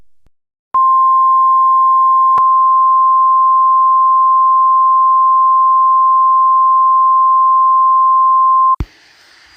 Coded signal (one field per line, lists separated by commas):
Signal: Emergency Alert System (SAME) tones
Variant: 1050 Hz attention tone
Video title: EAS Scenario: Natrona County Fire.